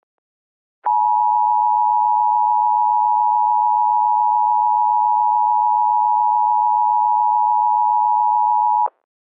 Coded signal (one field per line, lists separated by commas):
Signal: Emergency Alert System (SAME) tones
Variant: 853 and 960 Hz attention tone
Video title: Nuclear Contamination: An EAS Scenario